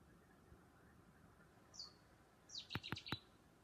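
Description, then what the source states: Bird gives a thin descending whistle, then a burst of rapid high chirps mixed with three loud sharp clicks. Calling at night.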